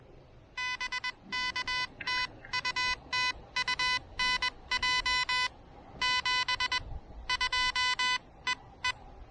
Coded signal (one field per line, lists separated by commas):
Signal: Morse code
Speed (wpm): 20 wpm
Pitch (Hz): 2000 Hz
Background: none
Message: BK TU TU NJ 72 EE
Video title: The New Elecraft KH1: First pedestrian mobile POTA activation!